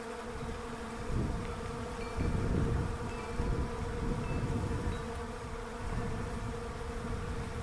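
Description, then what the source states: Bees droning steadily beneath repeated low rumbling bursts that swell and fade across the middle. Bees in a Russian olive tree.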